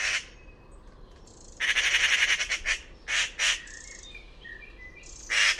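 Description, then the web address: Bird giving harsh, rasping squawks in short bursts and a long pulsed run, with soft, thin chirps between them. "Bird Only More Classes Pi Pi Pi Pi"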